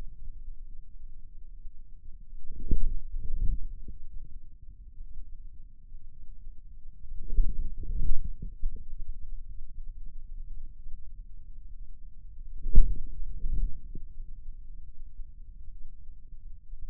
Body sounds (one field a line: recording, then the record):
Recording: forearm muscle sounds (acoustic myography)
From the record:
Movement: inward rotation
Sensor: system 2, bracelet of six BSWA MPA416 microphones around the upper forearm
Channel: 1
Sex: male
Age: 22 years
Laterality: right